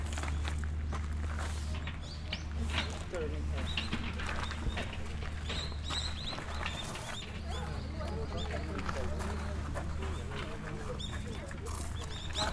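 Walking through the grounds of Nijō Castle in Kyoto, with a steady low hum underneath throughout. Quick, crisp crunching steps and clicks come frequently and irregularly, while scattered voices murmur in the background across the whole recording.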